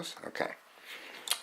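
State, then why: Released. While the plastic shell is being removed from a Walthers Amtrak Superliner model passenger car, someone talks as a locking tab is pried. The plastic window insert held by that tab unsnaps with a short, sharp click at 1.3 seconds, and the window is released from the shell.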